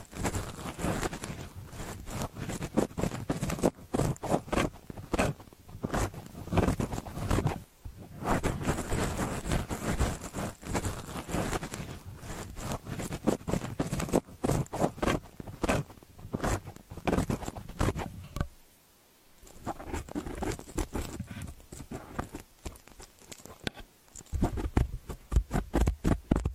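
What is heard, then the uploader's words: Dry scraping and scratching of an ear pick working at the ear, in dense bursts of quick rubbing clicks and rustles. The sound stays busy throughout, with brief pauses around eight seconds and a fuller silence near nineteen seconds. Earpick to help you remove earwax.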